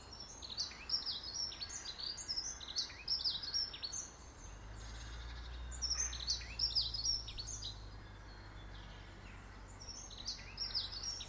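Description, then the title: Birds chirping in bursts of rapid high twitters, with a low hum entering partway through. Birds in a garden. "Birds Sounds in the Garden"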